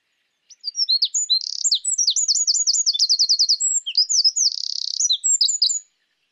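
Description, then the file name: Eurasian wren giving a loud, rapid song of piercing high notes, fast repeated trill units and a buzzing rattle, ending with quick twittering notes. "Troglodytes troglodytes"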